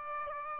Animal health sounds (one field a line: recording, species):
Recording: mosquito wingbeat signal from an infrared sensor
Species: Aedes aegypti